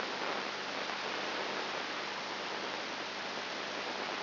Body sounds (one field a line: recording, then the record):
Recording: brain microelectrode recording played as sound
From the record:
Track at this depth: inside the subthalamic nucleus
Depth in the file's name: 4.701 mm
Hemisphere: left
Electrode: 2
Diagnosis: Parkinson's disease